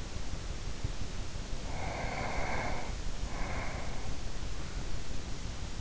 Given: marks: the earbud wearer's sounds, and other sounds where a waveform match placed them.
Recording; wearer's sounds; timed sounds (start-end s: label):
sounds in sleep by an in-ear microphone; breath
1.55-4.22 s: breath